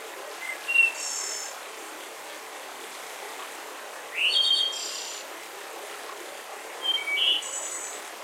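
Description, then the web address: Bird song in scattered phrases: a short chirp and buzzy trill early, a squeaky burst of notes mid-way, then more chirps and a high buzz near the end; steady hiss throughout. Mountain forest. "sleep well sounds birds mountain-forest"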